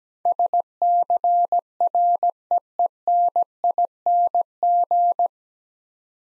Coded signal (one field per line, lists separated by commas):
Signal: Morse code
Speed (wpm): 17 wpm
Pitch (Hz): 700 Hz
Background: none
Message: SCREENING